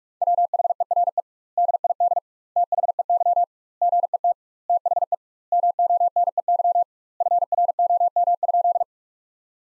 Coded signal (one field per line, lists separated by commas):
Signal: Morse code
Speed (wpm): 42 wpm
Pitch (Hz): 700 Hz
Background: none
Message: WHERE DID THEY GET THE MONEY FROM?